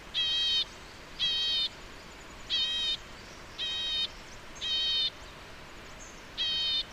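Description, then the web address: White-cheeked nuthatch repeating a nasal, harmonic call about once a second, six notes with slightly uneven spacing and a brief pause before the last. "White cheeked Nuthatch Sitta leucopsis. white cheeked nuthatch call"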